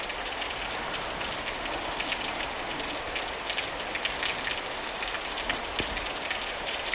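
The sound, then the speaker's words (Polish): Steady rain falls without a break, a dense, even hiss scattered with small crackling drop impacts. No voices are heard. “Deszcz pada.”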